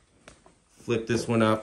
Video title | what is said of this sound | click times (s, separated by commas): Milwaukee Packout Cart Build With Packible Mounts | just flip it up and boom locks into place | 0.3 s